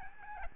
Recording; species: mosquito wingbeat signal from an infrared sensor; Aedes albopictus